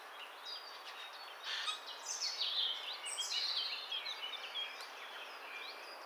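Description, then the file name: Eurasian jay giving harsh, rasping screeches in a short burst of several notes. "szajkó-hangja"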